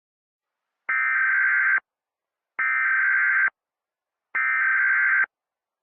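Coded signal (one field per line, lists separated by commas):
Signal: Emergency Alert System (SAME) tones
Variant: header bursts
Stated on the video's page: Simulated severe thunderstorm warning for Georgia, made with software.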